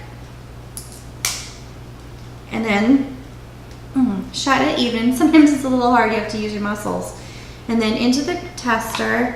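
A screw-on plastic lid is pressed and twisted onto a food allergen test capsule, with a faint tick at 0.8 s and a sharp click at 1.2 s as it shuts and seats. Someone then talks, noting that closing it sometimes takes force.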